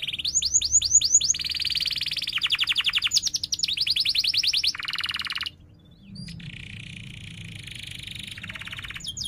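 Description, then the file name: Canary song of rapid trilled phrases that shift in pitch every second or so, a brief pause, then a quieter ongoing trill. Canary described as energetic singing (gacor), with chirping and sharp rolling trills (ngerol tajam). "Suara Kenari Gacor Cuit Cuit Ngerol Tajam"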